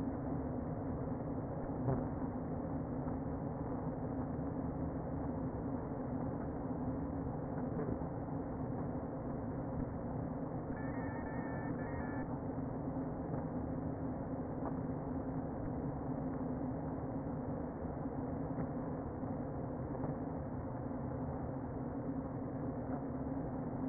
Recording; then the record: honeybee colony, microphone inside the hive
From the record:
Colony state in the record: queen present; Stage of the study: before two queens were removed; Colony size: about 60,000 bees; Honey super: yes